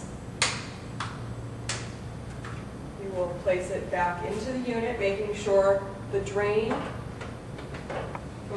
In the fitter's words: then you will place the tray back on top make sure that it snaps into place